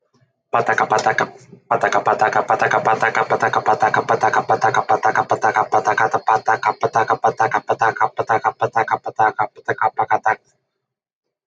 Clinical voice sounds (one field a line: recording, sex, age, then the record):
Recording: repeated syllables /pa ta ka/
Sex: male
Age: 30 to 39 years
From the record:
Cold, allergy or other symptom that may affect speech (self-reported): no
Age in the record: 36 years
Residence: Pennsylvania, United States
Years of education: 16